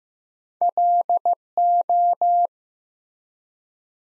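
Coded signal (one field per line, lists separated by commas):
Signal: Morse code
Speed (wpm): 15 wpm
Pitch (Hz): 700 Hz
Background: none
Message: LO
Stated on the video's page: Morse practice at 15 wpm, building 5-letter words one letter at a time.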